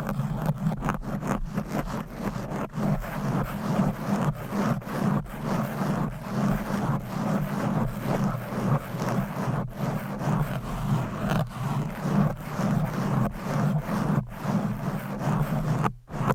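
Fast, aggressive mic scratching with covers and nails, a dense, steady rasping texture of quick scrapes, with a brief gap near sixteen seconds.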